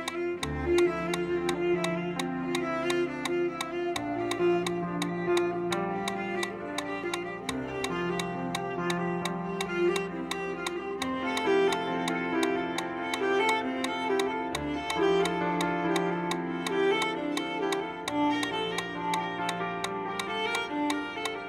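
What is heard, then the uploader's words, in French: A metronome ticks at a fast, even running cadence of about 170 beats per minute, its sharp clicks steady throughout. Beneath it plays continuous music, with a low bass note that shifts every few seconds and brighter melody notes above, all at a constant level. La séance vous permet d’avoir un métronome pour courir à une cadence de 170 pas par minute pendant 1 heure.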